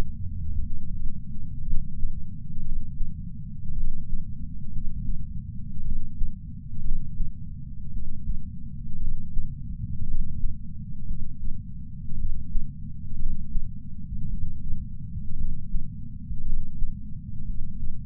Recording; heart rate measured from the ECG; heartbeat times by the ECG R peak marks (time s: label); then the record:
heart sounds by patch sensor on the chest; 57 bpm
0.52 s: heartbeat
1.63 s: heartbeat
2.61 s: heartbeat
3.73 s: heartbeat
4.69 s: heartbeat
5.81 s: heartbeat
6.81 s: heartbeat
7.90 s: heartbeat
8.97 s: heartbeat
10.04 s: heartbeat
11.04 s: heartbeat
12.15 s: heartbeat
13.15 s: heartbeat
14.27 s: heartbeat
15.34 s: heartbeat
16.42 s: heartbeat
17.43 s: heartbeat
From the record:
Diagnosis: coronary artery disease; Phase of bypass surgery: postoperative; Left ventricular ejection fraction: 49.7%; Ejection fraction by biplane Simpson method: 50.5%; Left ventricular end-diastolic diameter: 55 mm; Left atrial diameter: 40 mm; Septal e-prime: 5.2 cm/s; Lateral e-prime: 9 cm/s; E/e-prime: 14.4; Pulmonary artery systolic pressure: 28 mmHg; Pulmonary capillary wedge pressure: 8 mmHg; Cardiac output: 4.15 L/min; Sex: male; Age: 73 years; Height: 165 cm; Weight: 70 kg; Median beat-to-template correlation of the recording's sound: 0.92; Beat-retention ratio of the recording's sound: 1.00